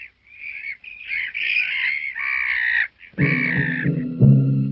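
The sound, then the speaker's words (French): Seagulls cry out in a loud, overlapping chorus of harsh, wailing calls, with a few brief gaps before a lower, rougher squawking takes over near the end. No one speaks. “Viens t'embêter par les mouettes, on peut pas parler.”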